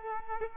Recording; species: mosquito wingbeat signal from an infrared sensor; Culex pipiens